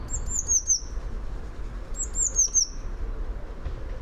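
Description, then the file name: Eurasian blue tit giving two short phrases of very high, thin notes dropping in pitch, about two seconds apart, with low background rumble. "Cyanistes caeruleus"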